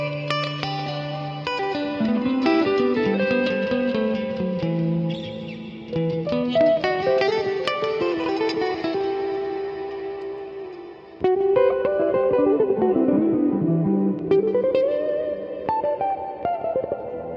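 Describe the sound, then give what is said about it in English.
Electric guitar notes ring out through a heavy echo effect, each phrase smearing into the next in a continuous wash of repeating, overlapping tones with no voices. “Wow, there's a lot of echo on that guitar.”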